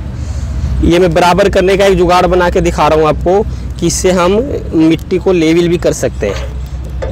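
A man talks over a steady low rumble while a homemade steel soil-leveling attachment is handled at the rear hitch of a mini tractor. A brief sharp sound comes at 7.0 s, but the attachment has not seated or clicked into place yet.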